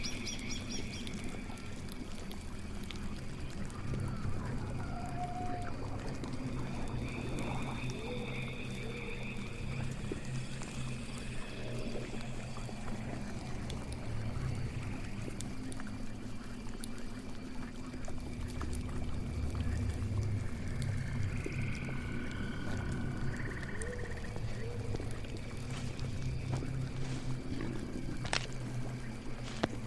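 A witch's swamp house ambience: a steady low rumble and hum runs throughout, with murky bubbling and creaking tones drifting over it. Croaky, groaning calls and thin whistling sweeps surface now and then, and a sharp click lands near the end.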